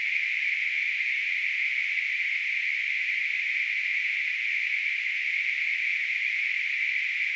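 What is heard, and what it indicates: A steady, high-pitched hiss centred around 2 kHz fills the whole seven seconds at an unchanging level, with no low sounds and no pauses. It is a simulated tinnitus sound, imitating the constant ringing or hissing a person with tinnitus hears.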